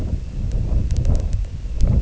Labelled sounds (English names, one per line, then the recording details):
none
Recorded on Arctic tundra, site IGLO-D, on 19 June 2018
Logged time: 22:00